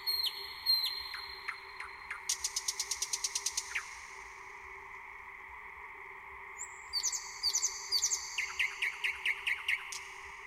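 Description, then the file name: Thrush nightingale song: high whistled notes, then a quick clicking rattle, more high whistles and a rhythmic run of sharp repeated notes, with a continuous low hum behind. "SLOWIK SZARY"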